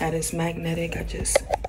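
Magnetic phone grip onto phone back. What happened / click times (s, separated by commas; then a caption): Handled, not yet home: the grip has not snapped on yet / none. A magnetic pop-socket style grip is handled with one hand near the back of a phone while someone talks, with a few short knocks near the end. The clip stops just before the grip snaps on, so nothing has seated or clicked yet.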